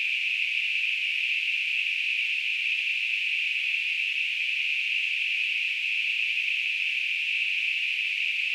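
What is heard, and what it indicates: Simulated tinnitus: a steady, continuous narrowband hiss centred around 2.5–3 kHz, with no low-frequency content and constant loudness throughout.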